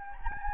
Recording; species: mosquito wingbeat signal from an infrared sensor; Anopheles gambiae